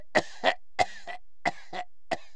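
About seven short, harsh adult cough bursts in under two and a half seconds, mostly in quick pairs with a rough, throaty edge. A plain cough with no other sign to note.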